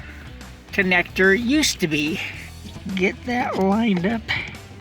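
Someone talks over background music while lining up a Pedal Commander throttle controller harness plug with the accelerator pedal connector on an S197 Mustang. A brief low tap is heard near 0.4 s. Nothing has seated or clicked yet.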